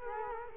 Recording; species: mosquito wingbeat signal from an infrared sensor; Culex quinquefasciatus